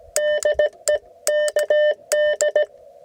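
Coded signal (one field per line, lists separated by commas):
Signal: Morse code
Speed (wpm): 16 wpm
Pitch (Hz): 600 Hz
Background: none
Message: DE KD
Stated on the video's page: CW POTA activation on 40 meters from Coronado National Forest, using an IC-705 and an 80-meter end-fed half-wave, by a newer CW operator.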